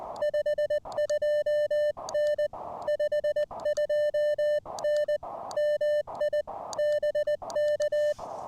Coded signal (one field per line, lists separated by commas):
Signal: Morse code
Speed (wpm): 20 wpm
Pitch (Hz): 600 Hz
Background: music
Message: 52N 52N MI BK